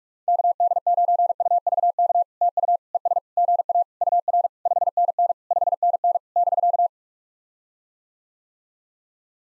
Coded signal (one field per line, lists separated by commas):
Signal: Morse code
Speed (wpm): 48 wpm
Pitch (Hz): 700 Hz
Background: none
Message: KD9UVK TU ES GA UR 5NN 5NN <BK>